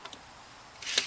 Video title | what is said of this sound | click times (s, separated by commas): Ammo can tent Stove, budget build and field test | slide it in it locks in place the next one | 1.0 s